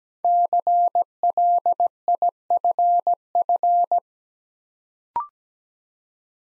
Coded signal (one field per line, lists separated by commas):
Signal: Morse code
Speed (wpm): 17 wpm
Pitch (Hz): 700 Hz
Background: none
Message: CLIFF